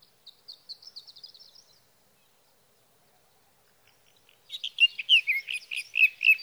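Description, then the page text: Sage thrasher: faint high trilling notes, a pause of quiet, then a short burst of fast, rich warbled Sage thrasher song at the end. Male singing through the night near his night roost, Sierra Valley, California, three nights from evening June 12 to morning June 15, 2018; Swift recorder. "61. Sage thrasher songs, through the night."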